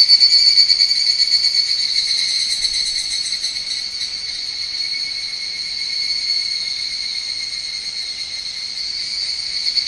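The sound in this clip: Higurashi cicada giving a sustained high ringing call, loudest at the start and gently swelling and fading, with a soft pulsing texture.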